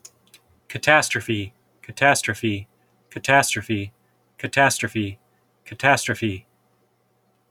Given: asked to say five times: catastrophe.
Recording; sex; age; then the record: repeated word; male; 40 to 49 years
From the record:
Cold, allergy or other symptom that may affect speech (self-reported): no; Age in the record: 48 years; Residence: California, United States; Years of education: 14